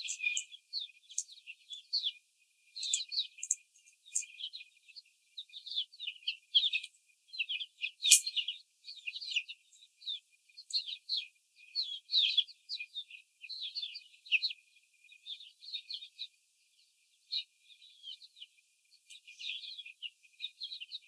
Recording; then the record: young laying hens in a cage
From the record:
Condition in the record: before the stressor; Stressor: simulated dog barking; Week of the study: 4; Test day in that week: 3